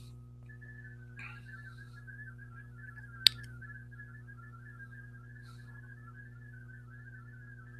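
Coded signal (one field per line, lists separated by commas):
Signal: multi-tone FSK (Olivia or MFSK type)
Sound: rapid warbling tones hopping around a narrow pitch band, like fast burbling whistles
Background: low mains hum, one click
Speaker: So here we are decoding the uh VA radiogram live. This is cool actually.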